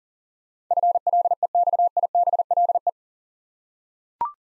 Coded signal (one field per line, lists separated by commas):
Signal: Morse code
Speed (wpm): 40 wpm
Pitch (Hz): 700 Hz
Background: none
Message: FLEXIBLE